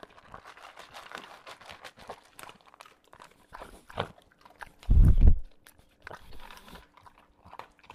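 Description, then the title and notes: English Bulldog eating, with crunchy kibble chewing in irregular bursts and one loud, low snort in the middle. English Bulldog devouring kibble, with snorting and heavy breathing between bites. "Lucho, the English Bulldog"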